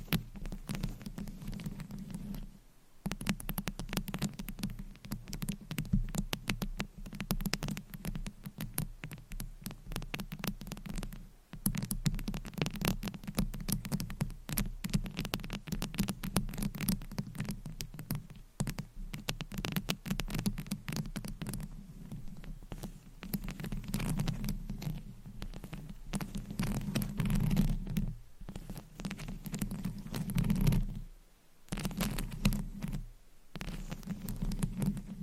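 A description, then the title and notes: Long nails scratch and tap directly on a microphone, making dense, rapid scraping with a steady low rumble underneath. Sharp clicks and crackles flick through constantly, broken by brief near-silent pauses around 3, 11, 28, 31 and 33 seconds. ASMR Mic Scratching - Brain Scratching & Tapping with Rhinestones & Long Nails -No Talking.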